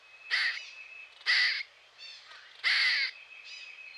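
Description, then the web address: Grey squirrel rasping call, three hoarse, buzzy bursts about a second apart, with faint softer notes between them. Grey squirrel from eastern North America. "Dan Gibson Wildlife Identification By Sound, Eastern North America Pt 2. Grey Squirrel"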